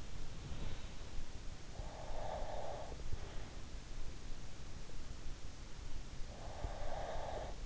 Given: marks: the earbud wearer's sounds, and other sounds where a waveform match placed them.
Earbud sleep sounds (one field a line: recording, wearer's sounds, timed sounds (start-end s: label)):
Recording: sounds in sleep by an in-ear microphone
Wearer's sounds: breath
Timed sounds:
1.73-3.43 s: breath
6.36-7.56 s: breath